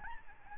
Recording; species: mosquito wingbeat signal from an infrared sensor; Aedes albopictus